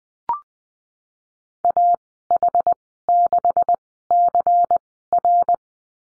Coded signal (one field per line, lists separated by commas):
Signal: Morse code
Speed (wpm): 20 wpm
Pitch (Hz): 700 Hz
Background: none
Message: AH6CR